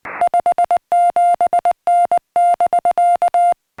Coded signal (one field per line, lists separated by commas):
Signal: Morse code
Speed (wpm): 20 wpm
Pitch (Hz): 700 Hz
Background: music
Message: 57N<BK>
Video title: How to add GPS tracks to "SOTA Mapping"